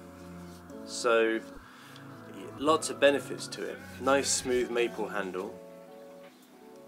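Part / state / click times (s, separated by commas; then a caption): folding knife blade into its handle lock / not seated / none. A folding knife with a smooth maple handle is handled while someone talks over soft background music. The blade has not yet locked open into its handle lock, and nothing has seated or clicked yet.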